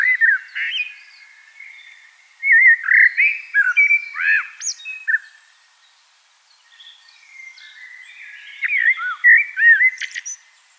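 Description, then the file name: Common blackbird singing fluting, whistled phrases with twittery squeaky ends, separated by quiet pauses. "Turdus merula"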